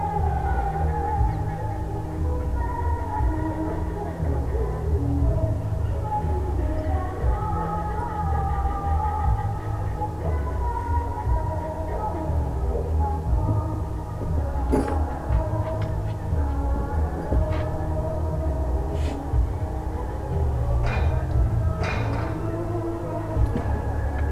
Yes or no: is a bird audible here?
yes